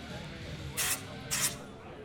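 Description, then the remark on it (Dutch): Two short, loud hissing whooshes of a flamethrower at the MetalMorphosis event on Het Groene Veld at ADM, about half a second apart, rise out of a steady murmur of background noise. “Je hoort nu het geluid van een kammerwerper.”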